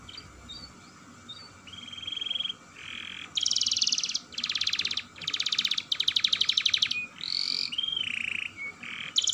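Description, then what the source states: Atlantic canary song, soft whistled notes building into loud rapid trilled bursts separated by short pauses, then bright whistled phrases; low steady background hum. Vigorous singing with long rolling trills.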